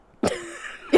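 An adult woman who has been ill for a while gives a single harsh cough, followed by a wheezy tone.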